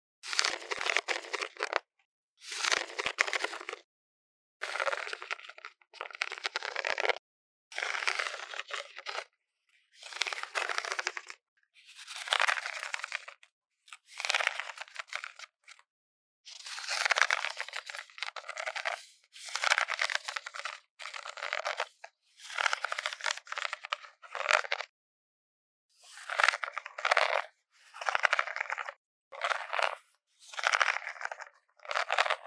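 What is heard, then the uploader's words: Intense brain scratching in repeated bursts of bright, rough scraping, each lasting one to two seconds and separated by short silent gaps. The strokes come at a fairly steady pace across the whole stretch, crisp and papery with no low sound underneath. Intense Brain Scratching. No Talking.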